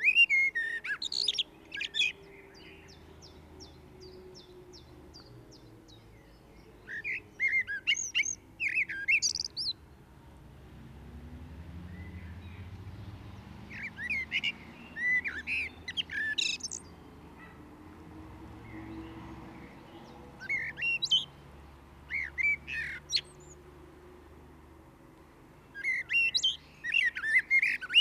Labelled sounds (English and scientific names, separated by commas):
Common Blackbird (Turdus merula) song